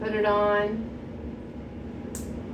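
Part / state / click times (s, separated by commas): cap onto catheter end / seated / 2.1 s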